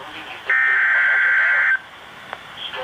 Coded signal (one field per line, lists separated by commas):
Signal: Emergency Alert System (SAME) tones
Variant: header bursts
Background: speech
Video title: Severe Thunderstorm Warning (EAS #409)